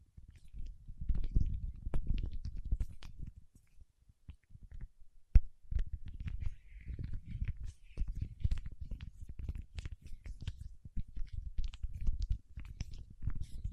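Paraffin wax being peeled and scratched in dense low crackly bursts, with sharp taps at irregular moments, one loud click near five seconds.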